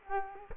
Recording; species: mosquito wingbeat signal from an infrared sensor; Culex quinquefasciatus